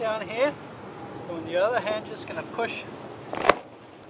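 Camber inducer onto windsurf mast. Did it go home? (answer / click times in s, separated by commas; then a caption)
yes / 3.5 s. A plastic camber inducer on a windsurf race sail is pushed by hand until it snaps onto the mast, helped by a flex area in the sleeve that lets it go on very easily. Someone talks while pushing, then a small tick at 3.4 s leads into a sharp snap at 3.5 s as the camber inducer seats on the mast.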